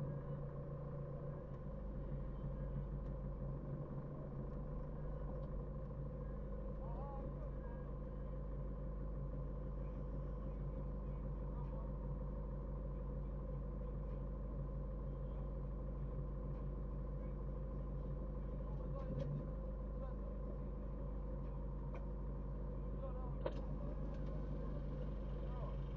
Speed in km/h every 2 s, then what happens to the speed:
1, 2, 2, 3, 0, 0, 0, 0, 0, 0, 0, 0, 0.
0-26 standing.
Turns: none.